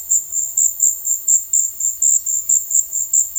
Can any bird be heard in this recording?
no